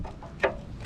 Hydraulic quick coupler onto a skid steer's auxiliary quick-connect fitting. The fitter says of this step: So this simply will click into here.